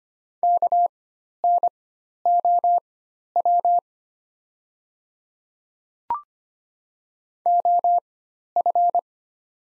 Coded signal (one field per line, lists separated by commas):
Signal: Morse code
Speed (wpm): 25 wpm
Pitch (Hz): 700 Hz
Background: none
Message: KNOW OF